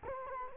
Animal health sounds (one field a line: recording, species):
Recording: mosquito wingbeat signal from an infrared sensor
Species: Culex quinquefasciatus